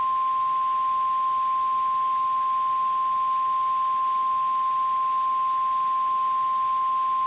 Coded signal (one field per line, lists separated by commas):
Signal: Emergency Alert System (SAME) tones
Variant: 1050 Hz attention tone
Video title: EAS Scenario - Rainier